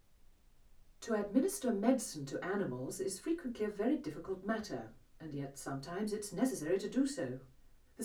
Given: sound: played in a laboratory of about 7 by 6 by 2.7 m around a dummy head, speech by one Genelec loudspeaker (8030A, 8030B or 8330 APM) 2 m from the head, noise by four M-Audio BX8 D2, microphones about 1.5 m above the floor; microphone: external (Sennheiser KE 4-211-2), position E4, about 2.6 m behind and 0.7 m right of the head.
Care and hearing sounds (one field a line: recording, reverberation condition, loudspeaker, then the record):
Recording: female speech in English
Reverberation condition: low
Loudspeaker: 60 degrees to the left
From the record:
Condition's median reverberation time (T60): about 310 ms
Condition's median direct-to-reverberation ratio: about 3.5 dB